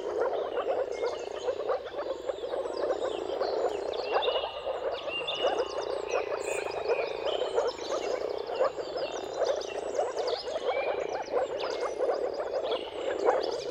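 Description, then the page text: Moor frogs in full chorus, a constant low bubbling of quick pulsed calls, accompanied by varied bird song and chirping throughout. Chorus of mating calls of moor frogs at sunrise, at the turn of March and April depending on the weather, recorded by Jakub Orzecki. "Jakub-Orzecki moor frogs. Dawn’s Chorus: Mating Calls of Marsh Frogs at Sunrise. Depending on the weather at the turn of March and April, you can witness an amazing spectacle of moor frogs"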